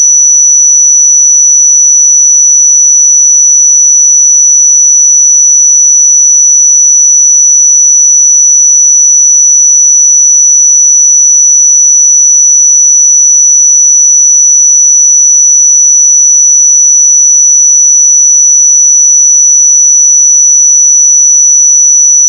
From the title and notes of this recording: 5923 Hz 1 Hz Interval Sine Pure Tone Frequency 441000 Sample Mono.